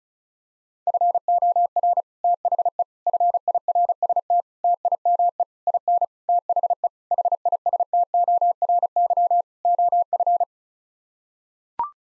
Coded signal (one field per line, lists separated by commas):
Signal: Morse code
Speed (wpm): 34 wpm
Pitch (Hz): 700 Hz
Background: none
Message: FOR THE FIRST TIME IN THE HISTORY OF